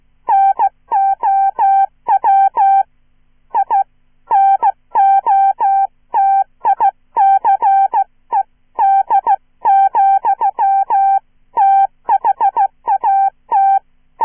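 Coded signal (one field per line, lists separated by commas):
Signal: Morse code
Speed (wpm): 16 wpm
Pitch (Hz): 790 Hz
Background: none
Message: NOW I NOTICED, THAT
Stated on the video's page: Hand-sent Morse with a Czech straight key, an original horror short story for listen-and-copy practice, recorded in one take with errors corrected by ERROR prosign.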